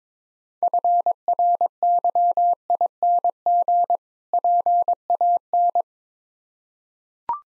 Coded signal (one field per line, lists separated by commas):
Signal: Morse code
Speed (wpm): 21 wpm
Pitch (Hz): 700 Hz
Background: none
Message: FRYING PAN